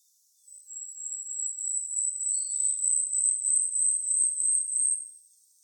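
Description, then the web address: Asian stubtail song: one sustained train of very high, hissing, insect-like pulses rising in volume over about five seconds, with a brief soft lower note midway. "birdenaga yabusame"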